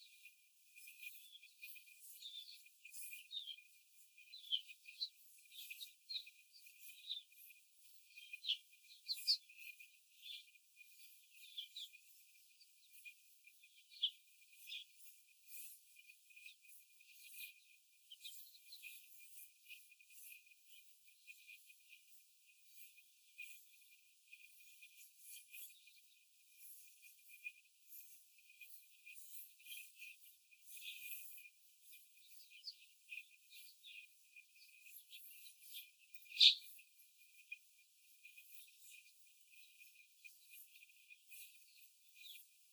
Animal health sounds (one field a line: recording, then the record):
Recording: young laying hens in a cage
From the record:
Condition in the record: after the stressor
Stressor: simulated dog barking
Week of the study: 4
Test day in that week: 1